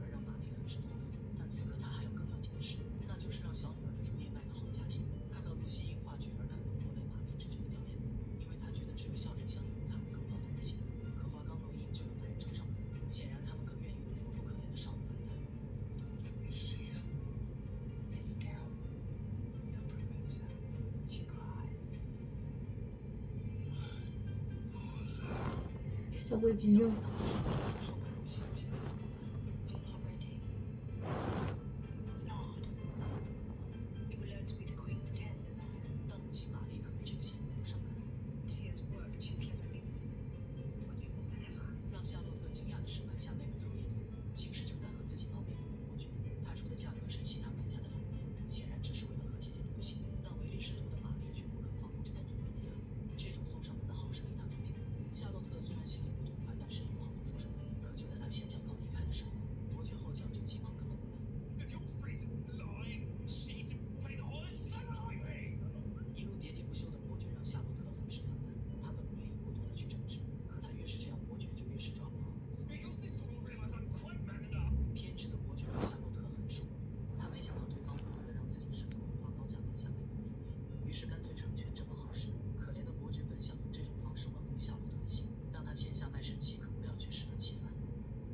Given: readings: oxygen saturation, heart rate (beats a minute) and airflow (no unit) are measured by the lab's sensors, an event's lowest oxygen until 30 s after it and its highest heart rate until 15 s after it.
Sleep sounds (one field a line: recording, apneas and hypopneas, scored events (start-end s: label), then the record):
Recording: a person awake in a sleep study, by a smartphone at the bedside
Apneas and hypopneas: none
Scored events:
0.00-88.34 s: awake
0.00-88.34 s: awake
From the record:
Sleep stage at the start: awake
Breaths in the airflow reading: 27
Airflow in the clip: -0.7 to 0.7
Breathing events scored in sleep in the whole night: 496 in 5.4 hours asleep